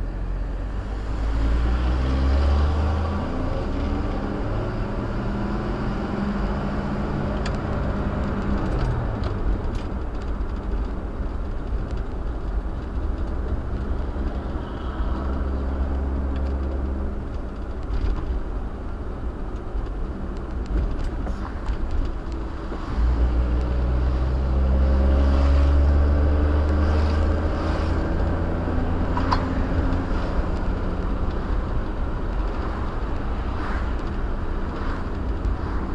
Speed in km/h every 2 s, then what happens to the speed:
15, 31, 37, 47, 48, 47, 45, 45, 45, 44, 42, 40, 45, 52, 56, 60, 58, 55.
0-7 speeds up to 48. 7-22 slows to 40. 22-29 speeds up to 60. 29-36 steady at about 58.